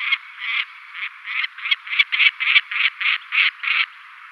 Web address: Schulze Peter Lanner Falcon